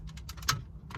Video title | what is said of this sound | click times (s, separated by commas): 2007 Ford C-Max Kenwood DMX7017DAB install | obviously white back into the white little black clip locks in place and the same again with the black one | 0.5 s